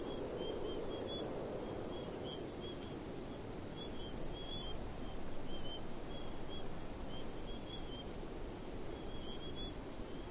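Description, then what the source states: Crickets chirping in a brisk regular series of pulsed bursts, a quieter lower cricket chirping between them, and a low rumbling hum throughout. Several crickets, recorded in the desert.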